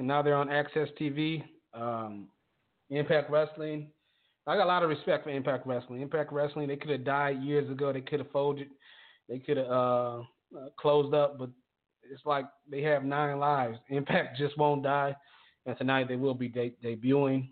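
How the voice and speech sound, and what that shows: Adult man, a lifelong stutterer, talks fast, with a stretched vowel and pause before a word and a part-word repeat, de-de-debuting: stuttering.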